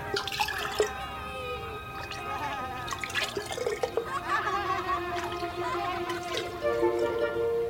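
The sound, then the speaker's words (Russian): Homemade berry fruit drink (mors) is poured into a small jug in a steady, gurgling stream for several seconds, with a ringing tone that slowly rises in pitch as the jug fills, plus a few small splashes. “Наливает в кувшинчик морс.”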